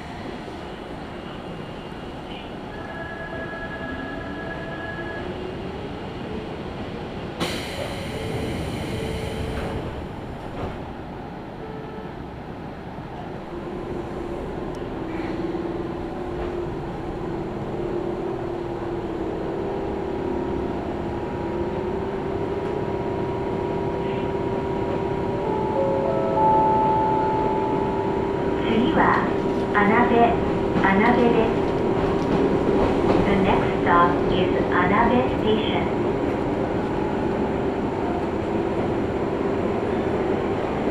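A ride on the Izuhakone Railway Daiyuzan Line, with a steady low rumble of the train running throughout. A brief bright burst comes near seven seconds, and a rising motor whine builds from about fifteen seconds, joined by rhythmic clicks and squeals around thirty seconds.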